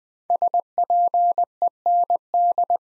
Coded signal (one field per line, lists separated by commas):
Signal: Morse code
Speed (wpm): 20 wpm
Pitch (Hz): 700 Hz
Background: none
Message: SPEND